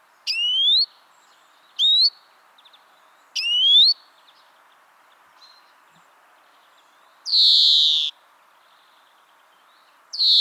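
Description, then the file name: European greenfinch giving three sharp rising whistled notes about one and a half seconds apart, then a long buzzy nasal wheeze and the start of another. "Chloris chloris"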